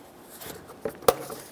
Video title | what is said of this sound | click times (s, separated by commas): How to Replace Radiator 2007-2017 Jeep Wrangler 3.6L V6 | you want to listen for a click from that give it a tug make sure it's secure | 1.1 s